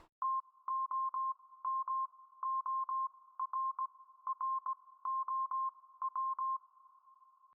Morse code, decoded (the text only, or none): TOMORROW